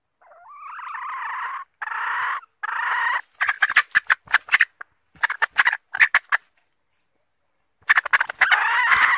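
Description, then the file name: Red junglefowl hen giving loud, harsh, drawn-out calls, then a burst of short clucking notes and another long call near the end. Female calling to find a mate. "tieng ga rung mai keu tim kiem ban tinh"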